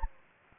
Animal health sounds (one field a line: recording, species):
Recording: mosquito wingbeat signal from an infrared sensor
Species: Anopheles gambiae